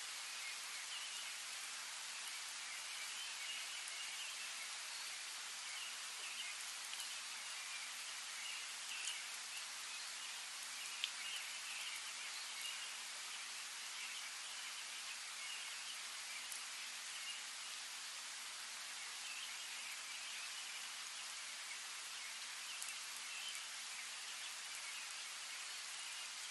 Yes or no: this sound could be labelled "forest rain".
yes